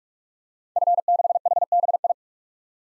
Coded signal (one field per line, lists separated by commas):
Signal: Morse code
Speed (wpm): 46 wpm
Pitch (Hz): 700 Hz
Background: none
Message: F6HBI